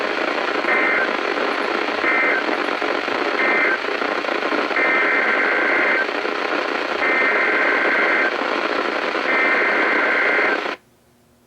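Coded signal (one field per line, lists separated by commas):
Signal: Emergency Alert System (SAME) tones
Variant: header bursts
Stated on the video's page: Winter hazard alerts from NOAA weather radio KHB36 (162.550) and WXM42 (162.475), received on consumer weather radios; WXM42 signal is poor.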